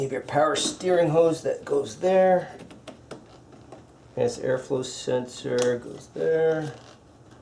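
An electrical connector is handled at the mass airflow sensor in the intake of a Subaru Outback while the air box is reassembled; someone talks, with two brief sharp ticks near 2.9 s and 3.1 s. The connector has not seated or clicked yet.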